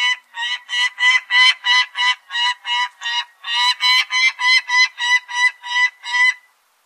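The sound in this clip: Peregrine falcon cackling with rough, nasal notes in a rapid, even series, a brief hitch midway, then stopping abruptly.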